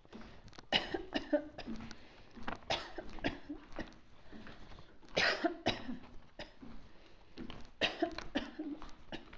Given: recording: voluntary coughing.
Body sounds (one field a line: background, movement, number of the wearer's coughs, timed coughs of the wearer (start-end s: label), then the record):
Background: quiet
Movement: walking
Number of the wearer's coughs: 12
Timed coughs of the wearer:
0.70-1.10 s: cough
1.13-1.47 s: cough
1.52-1.73 s: cough
2.67-3.01 s: cough
3.22-3.53 s: cough
3.54-3.97 s: cough
5.13-5.51 s: cough
5.64-6.08 s: cough
6.28-6.70 s: cough
7.79-8.16 s: cough
8.33-8.68 s: cough
8.97-9.29 s: cough
From the record:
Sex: female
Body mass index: 25.5 kg/m2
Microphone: on the chest, facing outward